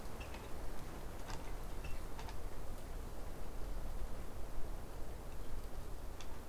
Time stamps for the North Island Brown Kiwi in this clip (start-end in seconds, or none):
none